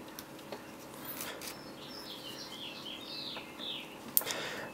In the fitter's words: it'll snap into place it'll tell you when it's done just keep pushing all the way up